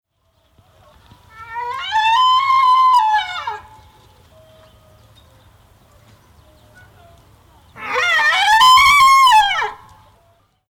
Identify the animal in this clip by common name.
Red Deer